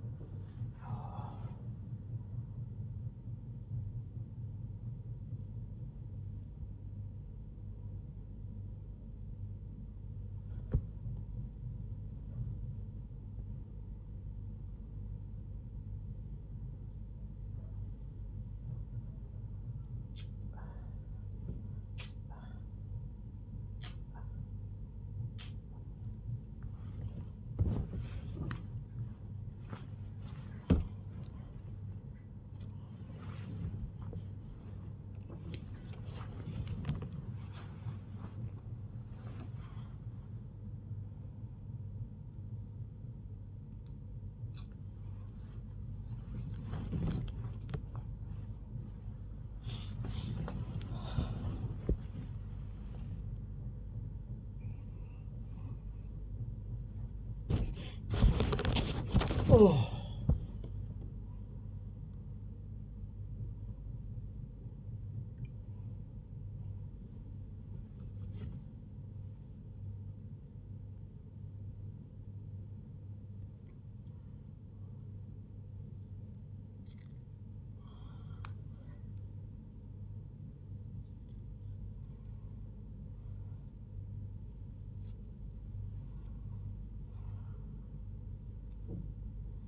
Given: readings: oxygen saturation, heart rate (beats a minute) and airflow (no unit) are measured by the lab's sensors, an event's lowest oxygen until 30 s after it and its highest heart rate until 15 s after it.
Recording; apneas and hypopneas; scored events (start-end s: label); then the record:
a person awake in a sleep study, by a smartphone at the bedside; none
none scored
From the record:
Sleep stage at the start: awake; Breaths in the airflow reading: 30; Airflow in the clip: -0.9 to 0.9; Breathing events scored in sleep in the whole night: 158 in 7.3 hours asleep